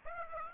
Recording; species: mosquito wingbeat signal from an infrared sensor; Aedes aegypti